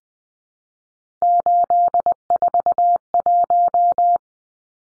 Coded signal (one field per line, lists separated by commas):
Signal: Morse code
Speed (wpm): 20 wpm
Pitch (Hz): 700 Hz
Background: none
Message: 841